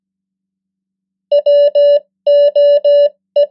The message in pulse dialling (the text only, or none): none